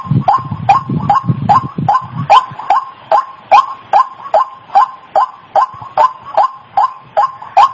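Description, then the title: White-breasted waterhen call, rhythmic harsh croaks repeated roughly every 0.4 seconds, with low grunting sounds mixed in during the first two seconds. Used for training birds (masteran); local name ruak-ruak. "Masteran Suara Burung Ruak Ruak"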